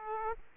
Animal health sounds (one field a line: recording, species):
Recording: mosquito wingbeat signal from an infrared sensor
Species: Aedes aegypti